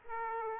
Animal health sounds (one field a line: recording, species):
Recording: mosquito wingbeat signal from an infrared sensor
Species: Aedes aegypti